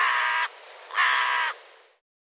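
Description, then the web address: Bird: two loud, grating caws from a bird, each around half a second, separated by a brief pause with steady hiss. "cianscape birddata Deverinetal 2025"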